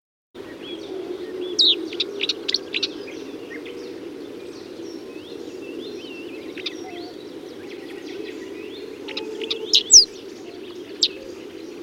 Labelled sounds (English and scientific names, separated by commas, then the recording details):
Marsh Warbler (Acrocephalus palustris) song
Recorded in the wild
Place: Groß Nemerow, Mecklenburg-Vorpommern, DE
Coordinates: 53.453, 13.186
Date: 1982-05-24
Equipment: Nagra III BH, Sennheiser MD 21, parabola
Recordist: Schubert, Michael